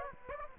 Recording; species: mosquito wingbeat signal from an infrared sensor; Aedes aegypti